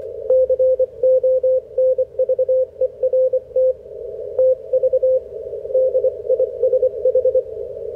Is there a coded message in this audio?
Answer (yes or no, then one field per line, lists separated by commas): yes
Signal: Morse code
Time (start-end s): 0.3-7.4 s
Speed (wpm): 26 wpm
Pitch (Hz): 530 Hz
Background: radio noise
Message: CONVERT TV DISH